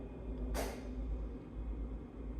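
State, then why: Not seated. The door lock on an accessible, self-cleaning public washroom door is being handled from inside as it is set to lock. A brief broadband rush of noise rises at about 0.5 to 0.8 seconds over a steady low hum. The lock has not clicked or engaged yet.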